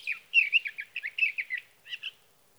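Sage thrasher song of fast warbled notes strung together for over a second, followed by a short separate phrase.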